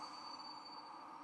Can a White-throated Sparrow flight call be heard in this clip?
no